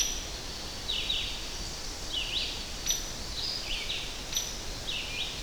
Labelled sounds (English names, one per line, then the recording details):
Red-eyed Vireo song
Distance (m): 50 m
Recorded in boreal forest in Alberta, Canada, on 10 June 2016 at 06:32
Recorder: SongMeter 3, array SBT-3-39
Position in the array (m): 202 m, 120 m